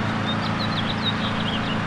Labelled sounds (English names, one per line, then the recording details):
House Finch song
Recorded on Long Island, New York, on 21 April 2011
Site PW
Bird A